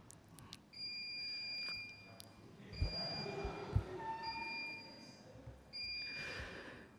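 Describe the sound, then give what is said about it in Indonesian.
A high-pitched electronic alarm beeps in steady repeated bursts, its shrill tones sounding over a low background rumble and clatter. “Di sini sudah ada alarm.”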